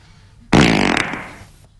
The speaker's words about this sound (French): Je peux péter? Ouais, vas-y.